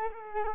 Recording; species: mosquito wingbeat signal from an infrared sensor; Culex quinquefasciatus